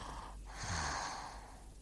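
A single low, rattling snort lasting about half a second, drawn in on an inhaled breath, with quiet breathing noise around it. It is an ordinary snore from someone lying asleep.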